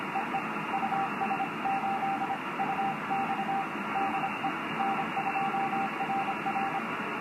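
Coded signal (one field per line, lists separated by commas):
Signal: Morse code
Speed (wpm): 25 wpm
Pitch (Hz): 780 Hz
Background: radio noise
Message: EE US8 UX DE N2RR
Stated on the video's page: CW on the upper HF bands, checked from 6 meters down to 20 meters, with 18 MHz busy.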